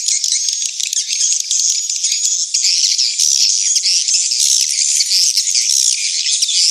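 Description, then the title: Swiftlet calls forming a thick, shrill twittering chorus of overlapping chirps and rattles, unbroken for the whole stretch. Swiftlet house lure sound from Tien Giang, Vietnam, AKAU brand track used to attract swiftlets to a bird house. "Am thanh nha yen Akau Vietnam - Tien giang"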